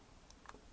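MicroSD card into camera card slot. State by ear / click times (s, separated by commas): seated / 0.3 s, 0.5 s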